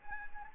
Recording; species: mosquito wingbeat signal from an infrared sensor; Anopheles arabiensis